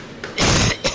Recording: coughing mixed with background sound